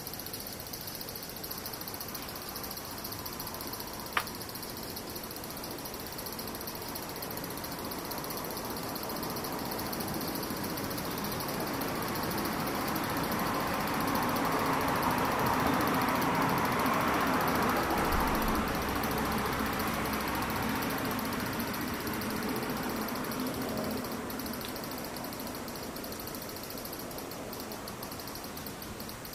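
Cicadas keep up a steady, unbroken high buzz throughout. A vehicle rumbles past underneath, swelling gradually from about ten seconds, peaking around fifteen to twenty seconds, then fading away. A single sharp click sounds near four seconds.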